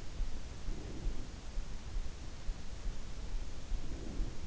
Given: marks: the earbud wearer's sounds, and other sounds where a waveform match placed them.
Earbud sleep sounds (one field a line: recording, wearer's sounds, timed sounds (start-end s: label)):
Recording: sounds in sleep by an in-ear microphone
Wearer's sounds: breath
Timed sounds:
0.36-1.60 s: breath
3.61-4.38 s: breath